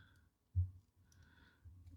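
Two small plastic tabs on the body of a NewAge Toys H50 Scott (G1 Hound) Transformers toy are worked toward the tight locking point of the body slot. Only light plastic clicking and rubbing is heard, with a soft bump near 0.6 s and no distinct hits. Nothing has snapped in yet.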